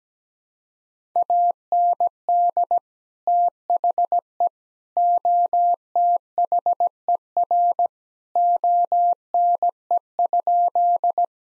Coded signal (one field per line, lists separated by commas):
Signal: Morse code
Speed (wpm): 17 wpm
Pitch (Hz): 700 Hz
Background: none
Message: AND THE OTHER ONE?